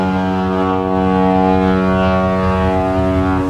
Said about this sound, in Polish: Syrena ryknęła tuż nad moją głową.